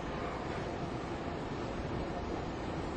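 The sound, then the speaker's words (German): A regional express train from Tübingen pulls into the station, a steady, unbroken rumble of wheels and engine noise holding at an even loudness throughout, with no voices. “Ich wiederhole, RE aus Tübingen, nach 5638, fährt nach 311 ein.”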